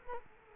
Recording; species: mosquito wingbeat signal from an infrared sensor; Culex quinquefasciatus